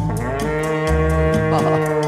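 A cow lets out a long, low moo that shifts pitch partway through, steady and loud for about two seconds with no one speaking.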